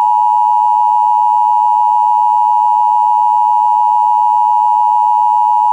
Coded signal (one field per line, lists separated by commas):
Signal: Emergency Alert System (SAME) tones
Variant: 853 and 960 Hz attention tone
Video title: Unexpected Wakefield SVR EAS #152